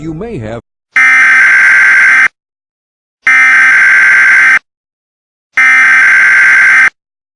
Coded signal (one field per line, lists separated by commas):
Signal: Emergency Alert System (SAME) tones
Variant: header bursts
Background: speech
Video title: (EAS Scenario) Neurax Doomsday